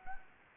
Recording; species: mosquito wingbeat signal from an infrared sensor; Anopheles gambiae